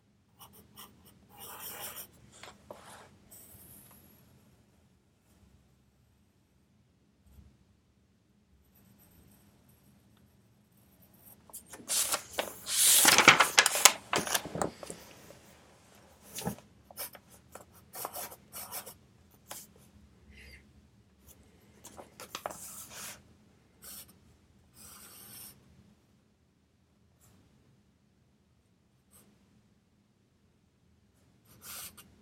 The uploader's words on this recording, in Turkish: Sessiz odada 25 dakika boyunca kurşun kalem ile ders çalışma; ortam sesleri, beyaz gürültü alt yapısı, kurşun kalem.